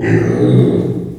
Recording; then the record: squeal of a Yucatan mini pig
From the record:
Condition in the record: before surgery on the right vocal fold (resection and tissue-engineered implant); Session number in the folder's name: 3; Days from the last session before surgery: 0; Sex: female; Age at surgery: 19 weeks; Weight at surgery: 25 kg